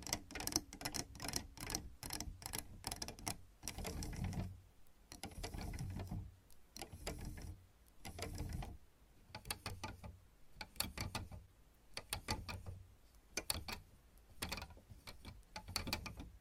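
Fingernails tap and scratch on objects in quick bursts of sharp, bright clicks, with brief pauses between clusters. Softer low rubbing swells, like massaging strokes, come in around four, seven, nine and twelve seconds, alternating with the busy tapping.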